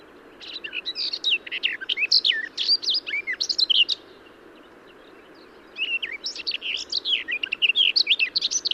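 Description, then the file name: Garden warbler delivering two long, rapid warbling phrases, the first running about three and a half seconds, the second starting near six seconds. "Garden-Warbler -Sylvia-borin"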